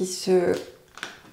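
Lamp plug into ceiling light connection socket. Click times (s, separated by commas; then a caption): 1.0 s. A plastic lamp plug is clipped onto a ceiling light connection socket (DCL) fitted by an electrician, a connector that clips in and out so the whole lamp assembly with its bulb can be removed. Someone talks, then two sharp ticks sound at 1.0 s and 1.0 s as the plug clips into place and seats.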